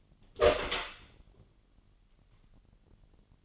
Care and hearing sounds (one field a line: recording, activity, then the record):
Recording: daily activity, microphone in the room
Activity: open door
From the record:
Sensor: 4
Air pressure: 999.2 hPa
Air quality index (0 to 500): 116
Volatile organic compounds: 2 ppm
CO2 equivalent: 1142 ppm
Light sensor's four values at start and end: 13/31/12/14 and 13/34/13/15